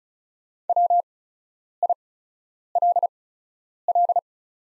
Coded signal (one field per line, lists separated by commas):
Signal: Morse code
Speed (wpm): 36 wpm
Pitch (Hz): 700 Hz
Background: none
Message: WILL